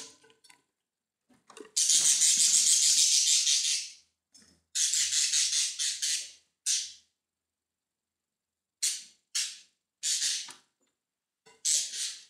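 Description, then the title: Budgerigar calls: a long harsh, hissing squawk, then shorter rasping bursts and several quick separate chirps near the end. "Budgie Sounds"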